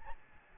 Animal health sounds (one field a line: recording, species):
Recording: mosquito wingbeat signal from an infrared sensor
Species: Aedes albopictus